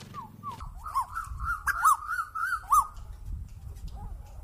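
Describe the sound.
Bird calls: a rapid run of wavering, rising-and-falling notes over steady low rumbling noise, ending in a softer single note.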